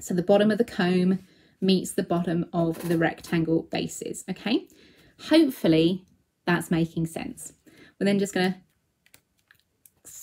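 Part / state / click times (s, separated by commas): die-cut cardstock comb tabs into slots of a layered card base / seated / 9.1 s, 9.5 s, 9.9 s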